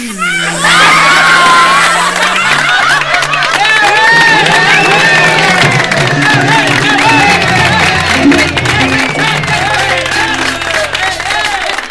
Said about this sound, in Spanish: Ay, cómo aplauden. Parece que fuera mentira. Parece que fueran contratados.